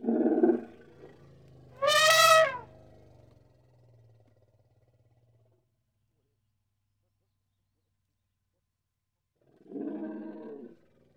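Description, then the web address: Indian elephant calls: a short deep roar, then a bright, shrill trumpet blast fading into a low rumble, and after a long silence another gruff roar. Two Indian elephants in the Indian countryside. "BBC Sound Effects Library. India Pakistan Nepal. Two Indian Elephants"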